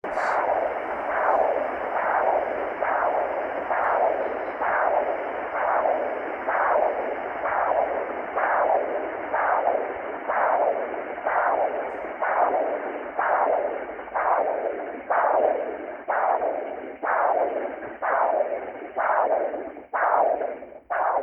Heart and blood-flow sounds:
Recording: Doppler ultrasound of blood flow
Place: carotid artery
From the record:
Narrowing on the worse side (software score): normal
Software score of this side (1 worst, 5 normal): 5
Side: left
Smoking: never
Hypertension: no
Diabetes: no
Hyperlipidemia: no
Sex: male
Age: 49 years

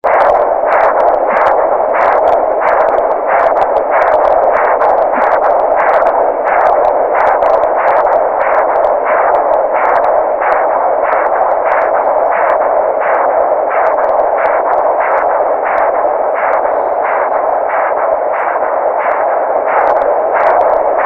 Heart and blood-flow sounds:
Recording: Doppler ultrasound of blood flow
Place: carotid artery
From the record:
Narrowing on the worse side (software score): severe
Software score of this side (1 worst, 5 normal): 2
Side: left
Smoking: never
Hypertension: no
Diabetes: type 2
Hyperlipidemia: controlled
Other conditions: sickle cell disease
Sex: male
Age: 20 years

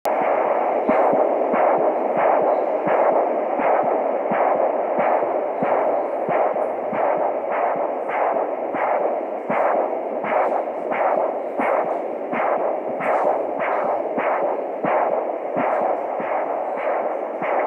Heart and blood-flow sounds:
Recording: Doppler ultrasound of blood flow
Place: carotid artery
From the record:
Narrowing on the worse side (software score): normal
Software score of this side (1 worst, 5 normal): 5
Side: left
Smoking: never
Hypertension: no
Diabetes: no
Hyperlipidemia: no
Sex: female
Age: 18 years

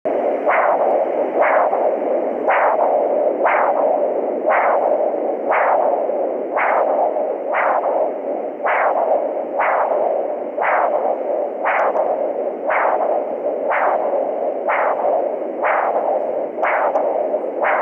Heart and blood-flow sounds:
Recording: Doppler ultrasound of blood flow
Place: carotid artery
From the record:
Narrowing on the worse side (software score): moderate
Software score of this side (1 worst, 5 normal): 3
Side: right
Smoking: never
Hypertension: no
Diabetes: no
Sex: male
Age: 56 years

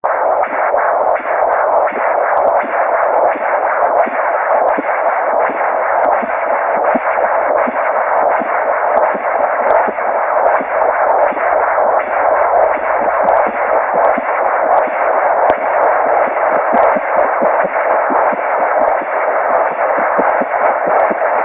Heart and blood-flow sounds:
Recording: Doppler ultrasound of blood flow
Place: carotid artery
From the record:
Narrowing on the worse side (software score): severe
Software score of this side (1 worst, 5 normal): 5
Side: left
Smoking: never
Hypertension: no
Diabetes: no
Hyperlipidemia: no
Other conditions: thalassemia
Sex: male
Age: 20 years

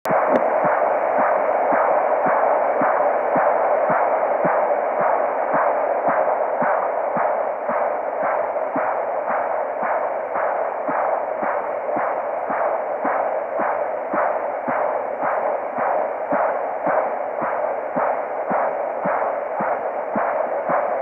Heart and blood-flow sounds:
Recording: Doppler ultrasound of blood flow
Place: carotid artery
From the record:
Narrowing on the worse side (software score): occlusion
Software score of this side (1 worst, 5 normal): 1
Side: left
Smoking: never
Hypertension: yes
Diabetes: type 1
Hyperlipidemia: yes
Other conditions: hemolytic anemia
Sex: female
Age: 27 years

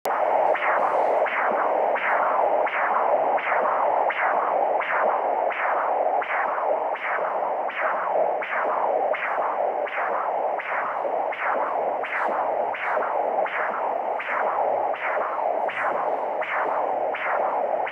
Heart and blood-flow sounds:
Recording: Doppler ultrasound of blood flow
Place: carotid artery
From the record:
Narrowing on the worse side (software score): severe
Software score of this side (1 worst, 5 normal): 2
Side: left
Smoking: former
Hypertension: no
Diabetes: type 1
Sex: male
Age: 38 years

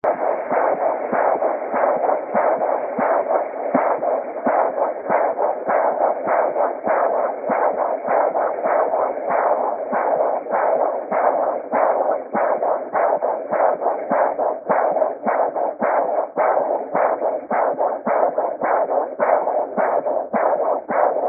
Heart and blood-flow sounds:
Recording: Doppler ultrasound of blood flow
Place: carotid artery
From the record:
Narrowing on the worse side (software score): occlusion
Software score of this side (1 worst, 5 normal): 1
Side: right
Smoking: never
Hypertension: yes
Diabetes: type 1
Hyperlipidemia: yes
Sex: female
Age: 73 years

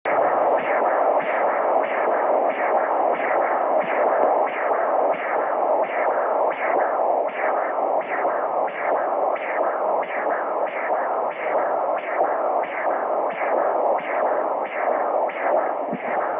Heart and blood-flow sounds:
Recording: Doppler ultrasound of blood flow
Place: carotid artery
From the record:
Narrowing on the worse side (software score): normal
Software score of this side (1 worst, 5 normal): 5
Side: right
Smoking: never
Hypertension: no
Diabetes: no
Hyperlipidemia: no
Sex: female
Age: 19 years

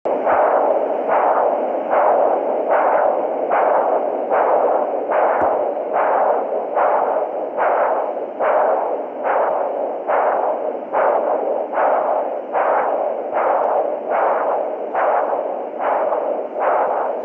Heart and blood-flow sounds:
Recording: Doppler ultrasound of blood flow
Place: carotid artery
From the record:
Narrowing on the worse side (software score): occlusion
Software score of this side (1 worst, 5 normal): 2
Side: right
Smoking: current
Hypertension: yes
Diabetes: type 1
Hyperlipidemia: yes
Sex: male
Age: 65 years

